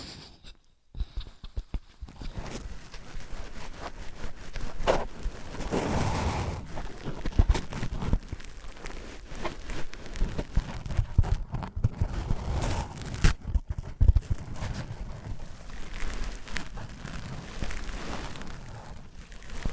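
Objects of wood, cork, sponge, foam, glass and plastic are handled and knocked together in a dense stream of small taps, scrapes and rustles. Sharp clicks come irregularly throughout, with busier, fuller stretches around the sixth and thirteenth seconds, and a short quiet gap near the start.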